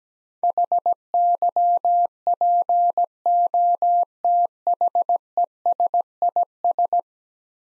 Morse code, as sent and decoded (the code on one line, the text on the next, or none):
.... -.-- .--. --- - .... . ... .. ...
HYPOTHESIS